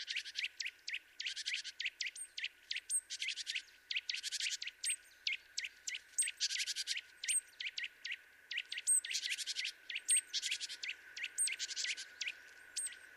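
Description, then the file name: Eurasian nuthatch calling in fast bursts of piping notes, dense runs alternating with short gaps, a few higher slurred whistles scattered through the sequence. "Sitta europaea"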